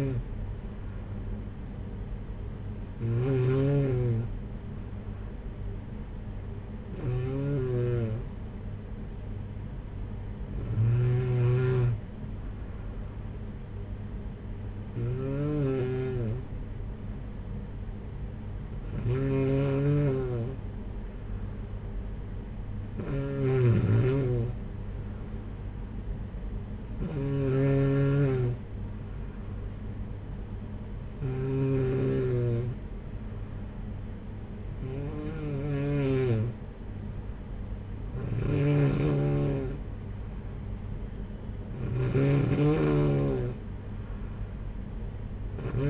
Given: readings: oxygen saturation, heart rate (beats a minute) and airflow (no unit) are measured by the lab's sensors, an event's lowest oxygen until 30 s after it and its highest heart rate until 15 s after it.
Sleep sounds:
breathing in sleep by a smartphone at the bedside; none
none scored
From the record:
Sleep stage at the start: N2 (light sleep); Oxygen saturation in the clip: 93 to 95%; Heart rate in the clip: 54 to 61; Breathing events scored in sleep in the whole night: 226 in 8.8 hours asleep

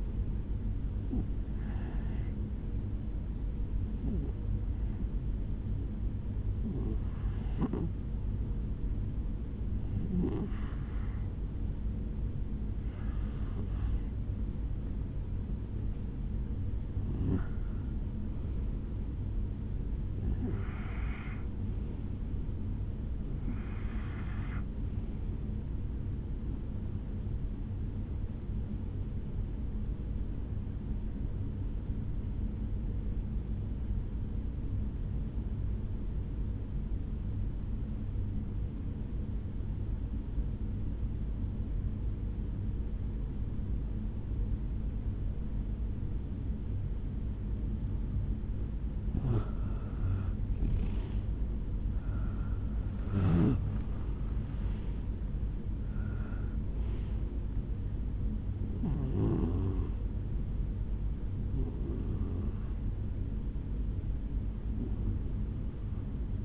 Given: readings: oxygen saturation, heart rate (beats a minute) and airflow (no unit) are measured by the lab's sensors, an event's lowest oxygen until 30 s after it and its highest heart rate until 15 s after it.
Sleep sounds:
breathing in sleep by a smartphone at the bedside; 1
23.00-53.00 s: new sleep stage, N2 (light sleep)
33.00-49.20 s: obstructive apnea (N2, oxygen 93% highest, then 87% lowest, heart rate 65 at the start, 76 highest)
53.00-66.45 s: new sleep stage, REM sleep
From the record:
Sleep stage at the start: N1 (lightest sleep); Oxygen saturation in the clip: 87 to 94%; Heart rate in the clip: 64 to 76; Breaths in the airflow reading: 12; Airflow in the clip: -9.2 to 6.9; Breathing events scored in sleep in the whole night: 449 in 7.0 hours asleep

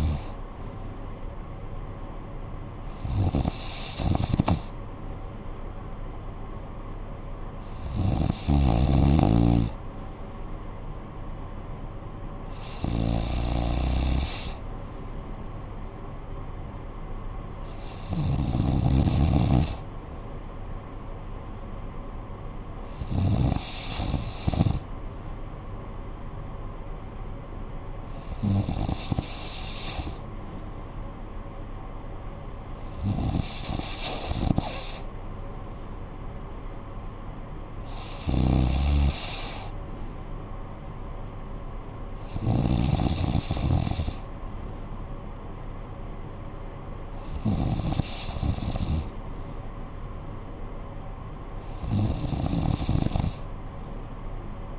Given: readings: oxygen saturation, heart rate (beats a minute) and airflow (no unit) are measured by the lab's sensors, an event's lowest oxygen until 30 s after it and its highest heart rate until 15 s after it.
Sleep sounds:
breathing in sleep by a smartphone at the bedside; none
none scored
From the record:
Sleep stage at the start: N3 (deep sleep); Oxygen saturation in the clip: 94%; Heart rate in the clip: 55 to 61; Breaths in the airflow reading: 12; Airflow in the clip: -9.8 to 5.4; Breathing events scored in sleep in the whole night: 445 in 7.6 hours asleep

